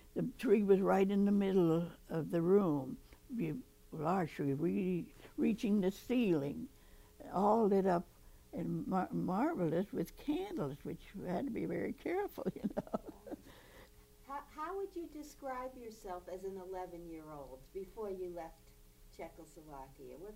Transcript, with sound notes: The tree was right in the middle of the room, be a large tree really reaching the ceiling, all lit up and marvelous with candles, which you had to be very careful, you know. [chuckles]
How — how would you describe yourself as an 11-year-old before you left Czechoslovakia?